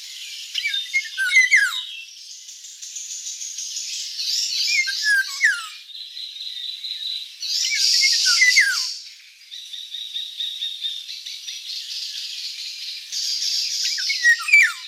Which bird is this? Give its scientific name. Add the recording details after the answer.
Oriolus oriolus. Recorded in the wild. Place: Waltershofen / Freiburg im Breisgau, Baden-Württemberg, DE. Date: 1989-05-30. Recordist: Schwarz, Dieter